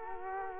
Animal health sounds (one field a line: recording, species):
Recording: mosquito wingbeat signal from an infrared sensor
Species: Culex quinquefasciatus